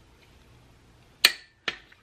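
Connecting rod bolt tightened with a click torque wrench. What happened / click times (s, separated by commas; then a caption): The torque wrench clicked at its set torque / 1.2 s. A click torque wrench tightens a connecting rod cap bolt to the final 65 ft-lb step during a 2G Eclipse piston install, and the wrench gives a sharp click at 1.3 s, confirming the bolt is good. A second, softer sharp snap follows at 1.7 s, with faint ticks near 1.9 s and 2.1 s over a quiet background.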